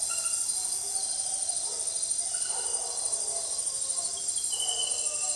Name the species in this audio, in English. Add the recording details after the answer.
none. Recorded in dense forest near Puerto Asís, Putumayo, Colombia, on 23 June 2025 at 18:30. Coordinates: 0.484, -76.325. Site H65